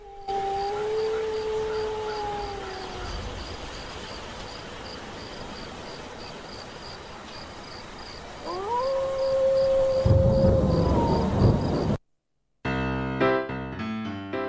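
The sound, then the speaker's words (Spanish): Wolves howl in two long, wavering calls, the first gently falling and the second swooping up before holding steady, over a steady pulsing insect chirr; a short burst of music follows. It is a night-time separator jingle on Radio Presente. “Pero bueno, los lobos como que quedaron ahí en el tiempo.”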